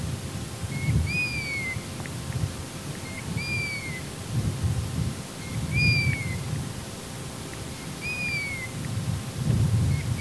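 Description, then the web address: Golden plover calls: a short soft note, then a clear whistle that slides downward. The pair repeats about every two and a half seconds over a steady low rumble. "Piviere dorato"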